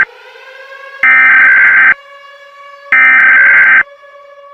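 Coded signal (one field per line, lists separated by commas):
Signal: Emergency Alert System (SAME) tones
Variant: header bursts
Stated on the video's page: Fictional EAS scenario.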